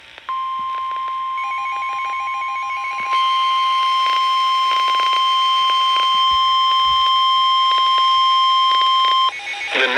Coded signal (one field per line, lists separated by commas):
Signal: Emergency Alert System (SAME) tones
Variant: 1050 Hz attention tone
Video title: Severe Thunderstorm Warning (EAS #440).